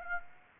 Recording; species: mosquito wingbeat signal from an infrared sensor; Aedes aegypti